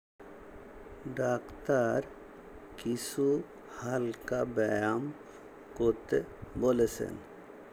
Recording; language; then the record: elicited speech; Bengali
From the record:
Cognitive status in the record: dementia